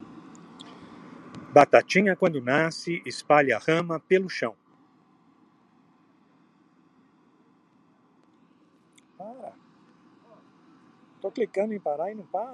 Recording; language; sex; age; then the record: short text; Brazilian Portuguese; male; 70 to 79 years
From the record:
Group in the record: control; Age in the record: 71 years